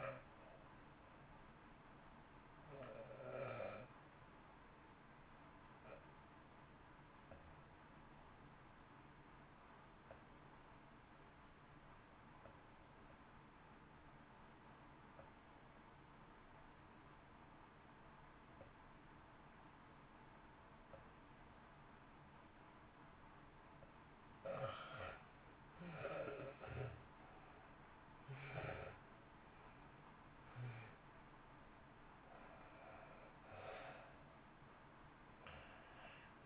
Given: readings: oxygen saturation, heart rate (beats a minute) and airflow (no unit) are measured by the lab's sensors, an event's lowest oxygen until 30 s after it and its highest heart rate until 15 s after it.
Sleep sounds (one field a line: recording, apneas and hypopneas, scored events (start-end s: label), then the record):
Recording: breathing in sleep by a voice recorder at the bedside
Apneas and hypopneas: 1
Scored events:
3.00-28.80 s: hypopnea (N1, oxygen 94% highest, then 72% lowest, heart rate 54 at the start, 68 highest)
6.00-36.46 s: new sleep stage, REM sleep
From the record:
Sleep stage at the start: N1 (lightest sleep)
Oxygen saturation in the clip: 68 to 94%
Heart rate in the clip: 53 to 68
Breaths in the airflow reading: 3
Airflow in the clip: -1.3 to 1.5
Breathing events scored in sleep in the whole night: 328 in 6.3 hours asleep